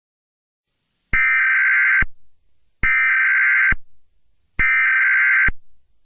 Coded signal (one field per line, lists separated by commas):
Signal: Emergency Alert System (SAME) tones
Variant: header bursts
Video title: EAS scenario 7: Doom Rig 2: The Wreckfest